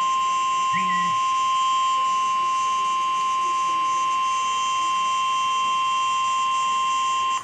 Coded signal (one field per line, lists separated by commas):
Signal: Emergency Alert System (SAME) tones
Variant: 1050 Hz attention tone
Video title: EAS Alert #292 (SVR)